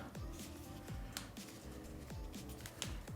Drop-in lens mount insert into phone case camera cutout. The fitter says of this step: you hear it snap and once